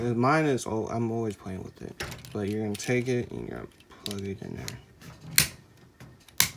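Someone talks while pushing a plastic part into the body of a Power Rangers Beast Morphers toy megazord. A first sharp click at 5.4 s leaves it not all the way in, and a second click at 6.4 s seats it fully home.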